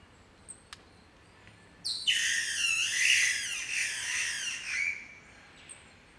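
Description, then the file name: Green catbird giving a loud, harsh, wailing call of about three seconds, with strained, nasal rising and falling tones and faint high chirps before and after. "Green Catbird Ailuroedus crassirostris"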